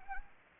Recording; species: mosquito wingbeat signal from an infrared sensor; Anopheles arabiensis